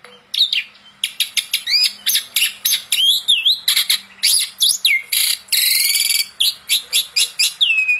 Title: Masteran Jalak Suren Atasi Burung KURANG GACOR Dan LOYO